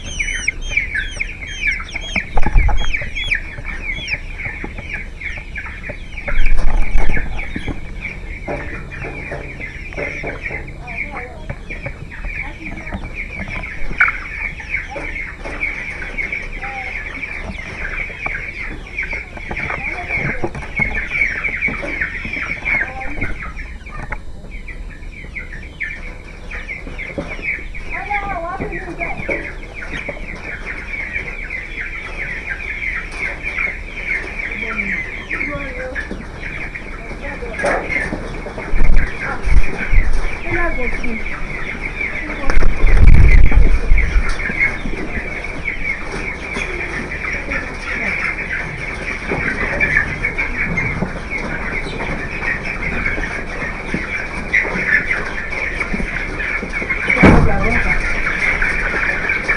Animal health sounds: poultry house recording; background noise or bird activity such as feeding and pecking

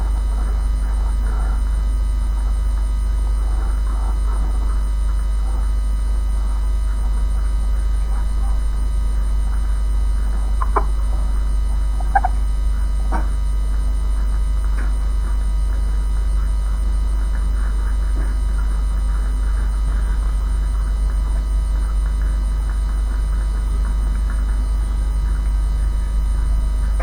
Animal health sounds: poultry house recording; sick chickens (respiratory disease)

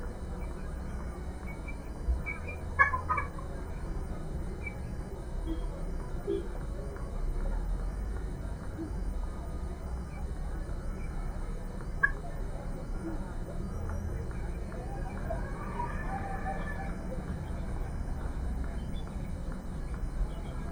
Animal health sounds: poultry house recording; healthy chickens

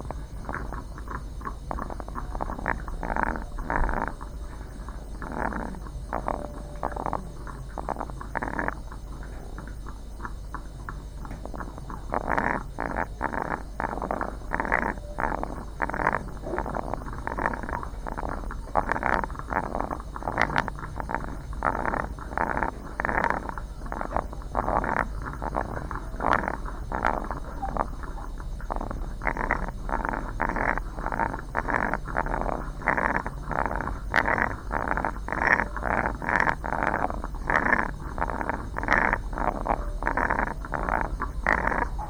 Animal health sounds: poultry house recording; sick chickens (respiratory disease)

